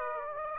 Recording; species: mosquito wingbeat signal from an infrared sensor; Aedes aegypti